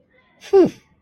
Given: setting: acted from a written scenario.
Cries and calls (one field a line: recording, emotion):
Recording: vocal sound without words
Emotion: interest